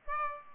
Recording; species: mosquito wingbeat signal from an infrared sensor; Aedes albopictus